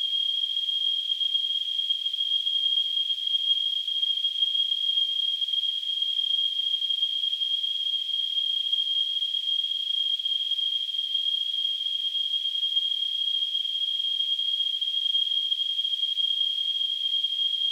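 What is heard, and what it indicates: A steady, piercing high-pitched tone with a faint hiss above it holds unchanged for about 18 seconds. It is simulated tonal tinnitus, the ringing a person hears in the ears without any outside sound.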